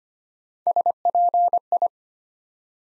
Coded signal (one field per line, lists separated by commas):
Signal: Morse code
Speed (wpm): 25 wpm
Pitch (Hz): 700 Hz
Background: none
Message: SPI